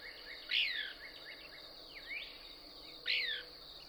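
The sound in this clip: Couch's Kingbird song: two loud, sharp chattered notes about two and a half seconds apart, with softer twittering strokes between, over a steady high drone.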